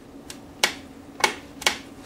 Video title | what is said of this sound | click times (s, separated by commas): Review & Shoot: Colt AR 15A4 | It snaps into place. | 0.6 s, 1.2 s, 1.7 s